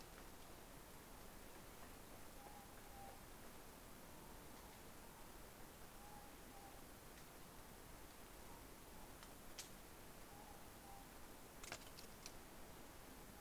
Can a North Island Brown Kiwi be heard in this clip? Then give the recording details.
no. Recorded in New Zealand on 17 November 2013. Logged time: 03:42. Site BS16